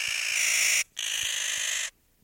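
Clark's Nutcracker gives two harsh, drawn-out rasping calls back to back, split by a very short break, against a quiet background.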